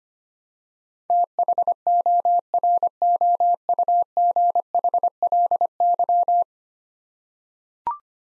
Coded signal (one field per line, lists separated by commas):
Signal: Morse code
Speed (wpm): 25 wpm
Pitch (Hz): 700 Hz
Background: none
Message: THOROUGHLY